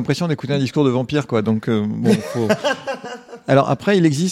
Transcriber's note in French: rires